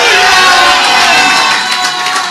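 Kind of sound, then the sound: crowd, audience shouting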